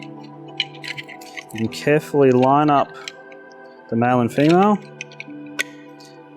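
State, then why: Seated. The male pivot on a STEDI Boost LED driving light (Type B fog light) is lined up and pushed into the female pivot socket on its bracket while someone talks. A sharp click at 5.6 s marks the pivot parts seating together, giving the light its full range of aiming movement.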